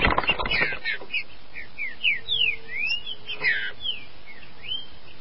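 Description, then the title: Green-winged saltator song: a loud, noisy rustle at the start, then a series of sweeping whistled notes rising and falling. "Trinca Ferro"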